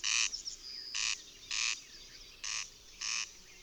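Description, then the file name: Corn crake giving harsh, rasping crex-crex calls, five rasps in under four seconds. "Derkacz"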